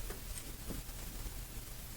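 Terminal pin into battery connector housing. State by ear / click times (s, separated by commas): not seated / none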